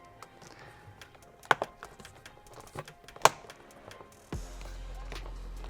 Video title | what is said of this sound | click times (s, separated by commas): DIY Installing Tesla Cybertruck Plug-&-Play MagSafe Charger Left Side Mount Bracket | in it'll be two clicks | 1.5 s, 3.2 s